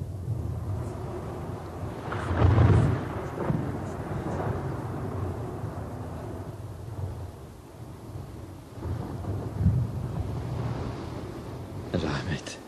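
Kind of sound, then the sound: nature, thunderstorm with rain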